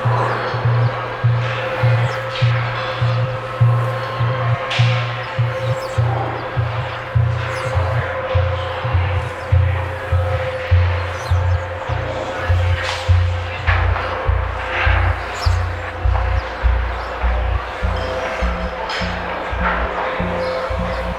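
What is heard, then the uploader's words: A field recording around a city neighborhood, dominated by a steady run of low, thudding bounces about once a second, like a ball being dribbled. A constant mid-pitched hum sits underneath, with scattered clicks and faint voices. In July of 2013 I made a series of field recordings around Telliskivi for a friend who was collecting material on 'soundscapes of creative industries'.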